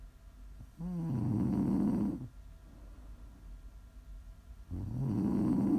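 Two low, rough, fluttering snores, each lasting about a second and a half, come on the in-breath roughly four seconds apart, with quiet breathing between. This is ordinary ASMR snoring from an adult woman asleep.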